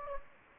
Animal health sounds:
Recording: mosquito wingbeat signal from an infrared sensor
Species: Anopheles gambiae

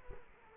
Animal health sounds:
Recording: mosquito wingbeat signal from an infrared sensor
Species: Culex quinquefasciatus

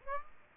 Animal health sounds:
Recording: mosquito wingbeat signal from an infrared sensor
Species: Aedes aegypti

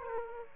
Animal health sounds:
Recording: mosquito wingbeat signal from an infrared sensor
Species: Aedes aegypti

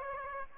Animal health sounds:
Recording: mosquito wingbeat signal from an infrared sensor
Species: Aedes aegypti

